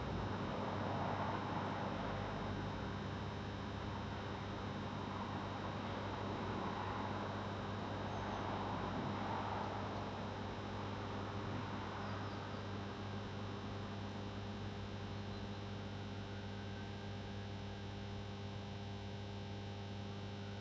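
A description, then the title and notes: A telecom cabinet buzzes steadily with layered electrical hum and fixed tones, a faint rushing swell in the first half, perhaps traffic. Friday lunchtime. Something buzzing - feeding back? - in a telecom cabinet in Benton.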